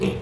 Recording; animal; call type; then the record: contact call of a hoofed animal; pig; closed-mouth grunt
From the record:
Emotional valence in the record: positive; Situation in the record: food and toys in familiar pen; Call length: 0.22 s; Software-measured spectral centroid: 2300 Hz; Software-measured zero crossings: 1410 a second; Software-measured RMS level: -24 dBFS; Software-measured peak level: -11 dBFS